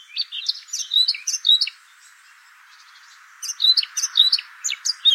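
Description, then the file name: Eurasian blackcap song: two bursts of rich, rapid warbling with varied high notes, separated by a quiet pause of about a second and a half. "Sylvia atricapilla"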